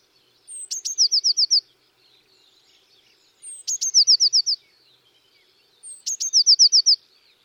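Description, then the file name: Eurasian Blue Tit song, three similar phrases: a high introductory note or two, then a bright, fast trill of five or six notes. "Cyanistes caeruleus"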